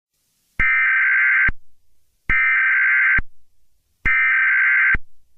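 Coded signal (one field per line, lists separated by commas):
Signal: Emergency Alert System (SAME) tones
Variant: header bursts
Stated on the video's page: Not valid EAS-SAME tones; made-up administrative message for entertainment.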